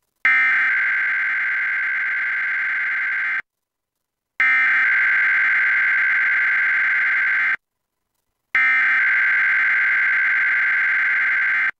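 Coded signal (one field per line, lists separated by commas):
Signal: Emergency Alert System (SAME) tones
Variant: header bursts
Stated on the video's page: Required Monthly Tests relayed by KGPX-TV and KSKN-TV, captured from a Dish Network HD DVR receiver box.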